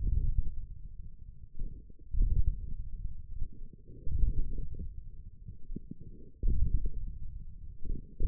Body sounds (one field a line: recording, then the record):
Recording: forearm muscle sounds (acoustic myography)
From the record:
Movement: ulnar deviation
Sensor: system 1, eight BSWA MPA416 microphones around the upper forearm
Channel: 7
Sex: male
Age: 28 years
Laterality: right